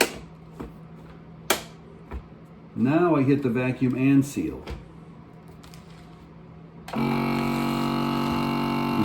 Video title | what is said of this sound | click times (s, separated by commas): Backpacking Banana & Apple Fruit Leather | listen again two clicks | 0.0 s, 1.5 s